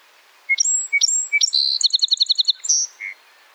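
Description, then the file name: Song sparrow song: three sharp introductory notes, each sliding up to a high whistle, then a buzzy note, a rapid trill of about eight notes and two short final notes. Quiet background. Song recorded in Quebec. "SOSP SONG QC Song Sparrow - Melospiza melodia"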